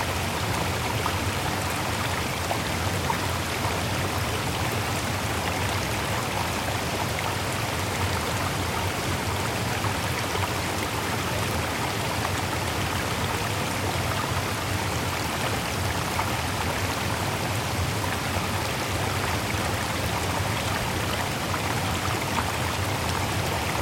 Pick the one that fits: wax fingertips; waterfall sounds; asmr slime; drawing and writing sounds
waterfall sounds